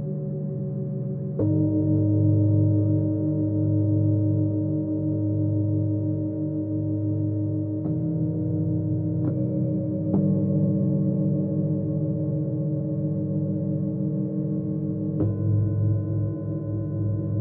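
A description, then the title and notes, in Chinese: Singing bowls ring in long, sustained tones with a low, rich hum underneath. New strikes land at about 1.5, 8, 9, 10 and 15 seconds, each adding a brief clink and fresh bright overtones. The sound swells slowly and stays full throughout. 舒缓头脑不适频率432Hz丨颂钵。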